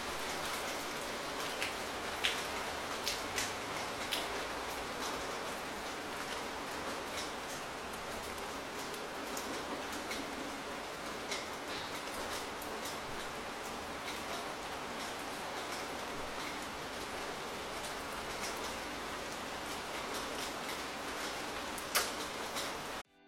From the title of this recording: Gentle drizzle and thunder in the afternoon